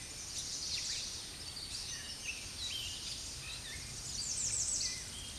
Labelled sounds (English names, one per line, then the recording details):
American Redstart song
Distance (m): 20 m
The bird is about level with the microphone
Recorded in a Pennsylvania forest on 16 May 2024 at 07:40
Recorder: AudioMoth, point MSD-2367
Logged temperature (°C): 16.0 °C
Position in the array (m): 116 m, 228 m